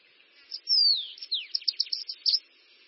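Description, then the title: Bananaquit song with a falling high whistle and then a hurried, squeaky sequence of buzzy notes that ends abruptly after roughly two seconds. "Canto De Cambacica"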